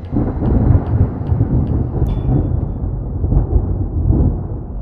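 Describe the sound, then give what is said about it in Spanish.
Deep, rolling thunder of an approaching storm rumbles steadily for several seconds, a heavy low roar that swells and ebbs without pause, with a few faint, sharp ticks above it. “Y parece que la tormenta no tardará en estallar.”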